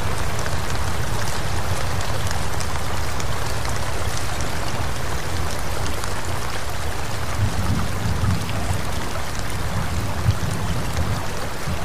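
Steady rain falls in a forest, a dense, even patter filling the whole twelve seconds without pause. A low rumble runs underneath throughout, swelling slightly around the eighth second and again near the end, like thunder rolling.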